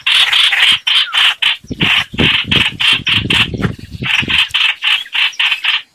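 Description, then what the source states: Red-whiskered bulbul with rapid harsh rasping notes in short bursts; a low rumbling noise runs beneath the calls for a few seconds midway. Distress call, a bird calling for help.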